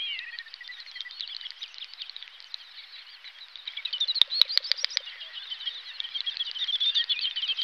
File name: bekasína-větší